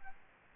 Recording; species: mosquito wingbeat signal from an infrared sensor; Aedes albopictus